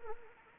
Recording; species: mosquito wingbeat signal from an infrared sensor; Anopheles arabiensis